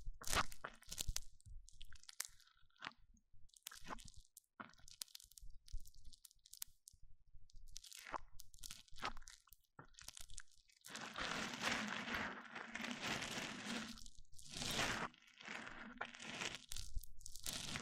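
Mic-on-mic triggers: scattered crunchy, squishy taps and scrapes for ten seconds, then a dense, bright continuous rubbing with brief pauses.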